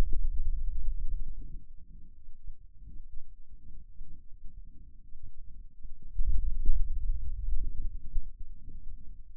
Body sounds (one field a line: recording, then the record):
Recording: forearm muscle sounds (acoustic myography)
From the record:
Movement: finger pinch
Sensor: system 2, bracelet of six BSWA MPA416 microphones around the upper forearm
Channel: 3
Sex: male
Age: 22 years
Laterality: right